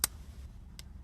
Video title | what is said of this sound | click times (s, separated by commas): ▶ Rolex Submariner No-Date Stainless Steel, Black Ceramic UNBOXING & REVIEW - 40mm, Black, 114060 | that pops it out slide it over to the right until I like it and push | 0.0 s